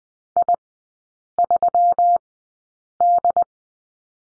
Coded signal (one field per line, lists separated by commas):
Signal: Morse code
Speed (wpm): 20 wpm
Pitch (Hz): 700 Hz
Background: none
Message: I3D